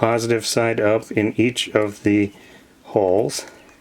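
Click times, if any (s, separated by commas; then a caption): none. Someone talks while handling the battery holder in the base of a Mamiya ZE 35mm film SLR camera body fitted with a Mamiya-Sekor E 50mm 1:2 prime lens, with button cells placed positive side up in each of the holder's holes. Only speech and faint handling noise are heard. Nothing has seated or clicked yet; the holder has not been snapped shut.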